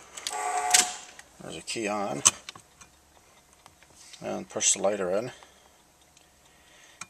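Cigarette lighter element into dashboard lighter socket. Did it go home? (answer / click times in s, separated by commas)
yes / 7.0 s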